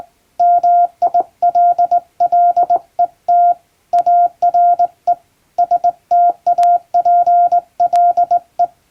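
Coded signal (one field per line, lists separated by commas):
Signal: Morse code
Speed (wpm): 21 wpm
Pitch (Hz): 700 Hz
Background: none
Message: MILLET ARE STAPLE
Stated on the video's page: Morse code practice sent with a straight key.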